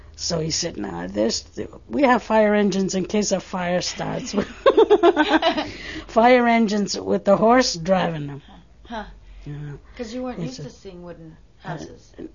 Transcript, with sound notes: So he said, "Now, this, we have fire engines in case a fire starts." ( they laugh ) "Fire engines with a horse driving them."
Because you weren't used to seeing wooden houses.